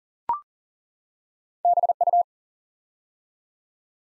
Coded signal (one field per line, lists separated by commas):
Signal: Morse code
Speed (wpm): 40 wpm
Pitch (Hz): 700 Hz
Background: none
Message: BU